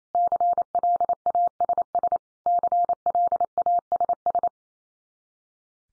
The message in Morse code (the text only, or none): CLASS CLASS